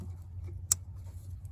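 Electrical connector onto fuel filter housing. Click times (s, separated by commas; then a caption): 0.7 s. The second plastic electrical connector is pushed onto the fuel filter housing of a 2014 Kia Sportage 2.0 CRDI until it clicks. One sharp, bright click sounds at 0.7 s over a low steady hum. The connector is seated.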